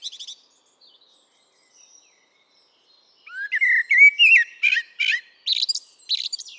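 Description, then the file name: Eurasian blackbird song: a short high squeak, about three seconds of near silence, then a burst of fluted, rising and falling notes mixed with sharp, chattering high twitters. "Turdus merula"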